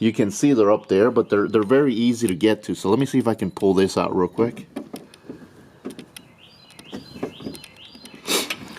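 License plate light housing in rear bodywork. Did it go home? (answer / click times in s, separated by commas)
released / 8.5 s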